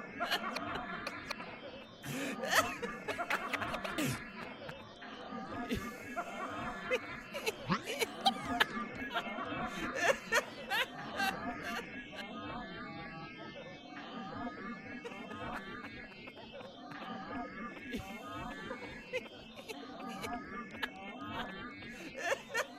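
Laughter in a theatre, many voices together in a dense, continuous murmur of chuckles and talk. Sharper bursts of laughing flare up in the first ten seconds, then the crowd settles into a steadier, rippling chatter with scattered snickers through to the end.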